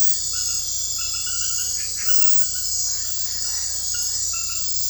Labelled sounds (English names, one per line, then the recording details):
none
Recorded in dense forest near Puerto Asís, Putumayo, Colombia, on 19 February 2024 at 00:00
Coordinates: 0.487, -76.319
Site G6403